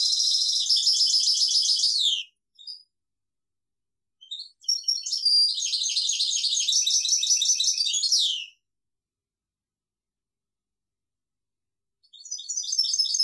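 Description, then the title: European goldfinch singing long tinkling, buzzy twitter phrases that end in falling slurs, with a few brief notes between them and a new phrase starting after a long pause. "Chant Chardonneret"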